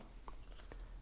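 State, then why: Seated. The adapter puck on a phone cover is lined up on an SKS Compit stem smartphone mount for a bicycle and rotated until it twist-locks into place with a tab, holding with no jitter. A sharp, short click at 0.3 s marks the lock, followed by smaller ticks around 0.5, 0.6 and 0.7 s. The puck is seated.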